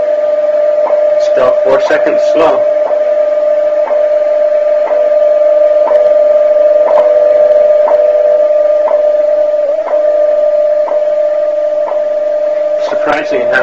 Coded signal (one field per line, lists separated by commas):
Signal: radio time signal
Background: speech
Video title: January 21, 1972 video of WWV time signal (shortwave radio)